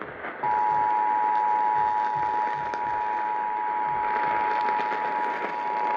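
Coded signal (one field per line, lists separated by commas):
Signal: Emergency Alert System (SAME) tones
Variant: 853 and 960 Hz attention tone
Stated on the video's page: Forwarded tornado warning EAS on WBAP-AM and KSKY-AM.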